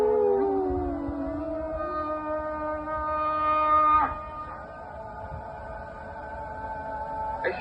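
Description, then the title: Domestic dog howl: one long falling howl at the start, then a steady, sustained tone continuing. Male Siberian Husky in a park, howling when the call to prayer began after excited play; the dogs usually howl at the call to prayer. "The wolf howling during the call to prayer"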